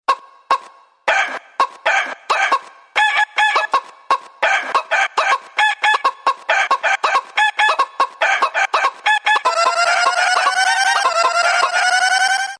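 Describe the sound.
Chickens clucking and calling in quick choppy bursts, then a long drawn-out rooster crow over the last few seconds.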